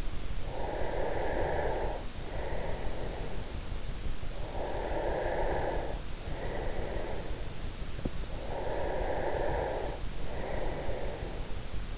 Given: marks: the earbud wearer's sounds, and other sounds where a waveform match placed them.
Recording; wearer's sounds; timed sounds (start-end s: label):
sounds in sleep by an in-ear microphone; breath
0.42-7.45 s: breath
8.36-11.63 s: breath